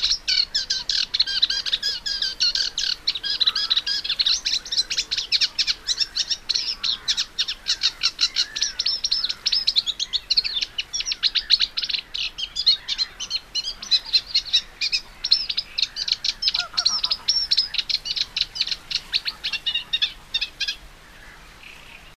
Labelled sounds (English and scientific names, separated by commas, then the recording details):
Eurasian Reed Warbler (Acrocephalus scirpaceus) song
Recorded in the wild
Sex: male
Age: adult
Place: Warsow, Kummerower See, Mecklenburg-Vorpommern, DE
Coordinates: 53.8358, 12.8492
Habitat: wetland
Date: 2013-05-23 19:22
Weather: cloudy, weak wind, 15°C
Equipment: Sound Devices 702, Sennheiser MKH 70, Rycote Windschutz
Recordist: Frommolt, Karl-Heinz